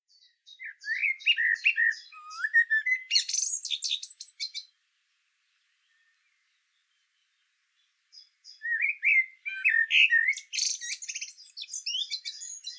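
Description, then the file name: Common blackbird song in two phrases about three seconds apart, each low fluty whistles running into a high, chattering squeaky flourish. "Turdus merula"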